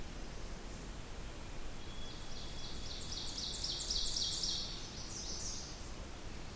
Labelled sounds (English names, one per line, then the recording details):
Ovenbird song
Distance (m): 50 m
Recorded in boreal forest in Alberta, Canada, on 20 June 2016 at 07:08
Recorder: SongMeter 3, array SBT-6-81
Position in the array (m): 151 m, 45 m
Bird 47